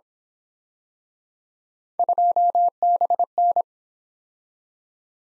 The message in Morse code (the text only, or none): 2BN